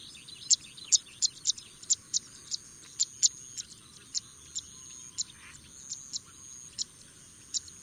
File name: suara burung apung tanah